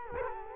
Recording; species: mosquito wingbeat signal from an infrared sensor; Culex quinquefasciatus